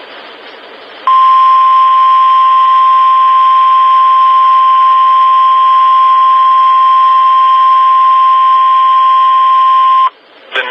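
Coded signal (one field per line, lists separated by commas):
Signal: Emergency Alert System (SAME) tones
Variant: 1050 Hz attention tone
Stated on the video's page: Flood warnings received on NOAA Weather Radio.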